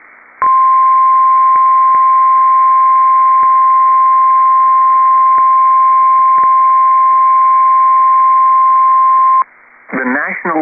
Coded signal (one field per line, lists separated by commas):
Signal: Emergency Alert System (SAME) tones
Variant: 1050 Hz attention tone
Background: speech